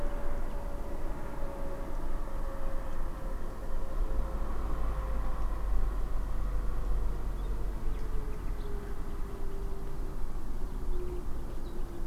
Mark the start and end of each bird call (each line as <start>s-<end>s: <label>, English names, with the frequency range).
7.36s-7.50s: Common Nightingale (3.2-3.9 kHz)
7.89s-8.71s: Common Nightingale (1.8-5.1 kHz)
9.06s-10.00s: Common Nightingale (2.6-4.7 kHz)
10.66s-11.20s: Common Nightingale (2.3-4.6 kHz)
11.64s-11.75s: Cetti's Warbler (3.7-5.1 kHz)